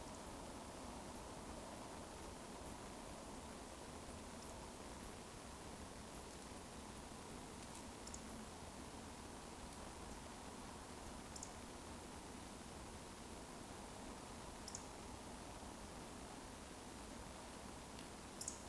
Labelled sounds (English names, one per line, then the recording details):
Eurasian Woodcock whistle
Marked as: whistle, whistle, whistle, whistle, whistle, whistle
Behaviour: display flight
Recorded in Baden-Württemberg, Germany, on 11 June 2020 at 20:38 UTC
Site 14569, 102 m above sea level